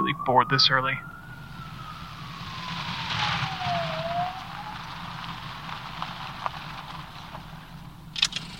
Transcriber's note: the other car’s door opens; He pulls off to the shoulder. The car turns off; footsteps approach, crunching over gravel